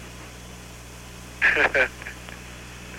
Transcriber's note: laughter